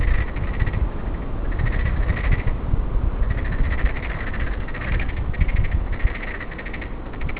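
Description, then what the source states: Frog gives repeated rattling, pulsed croaks in bursts of about half a second, coming almost continuously, with heavy low rumbling noise beneath. Hachimannuma, 2015.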